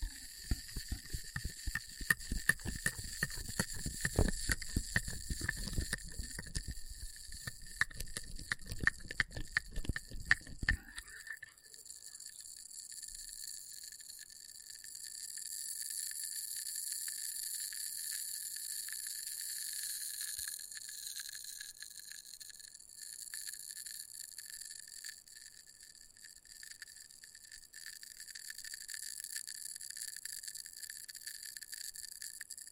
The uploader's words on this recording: ASMR Experimental Triggers in Test Tubes (No Talking).